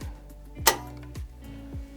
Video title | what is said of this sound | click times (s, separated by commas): Serging Fabrics on a Baby Lock Serger is A Breath of Fresh (Jet) Air | once you hear the click you'll see that the tubes have engaged and | 0.7 s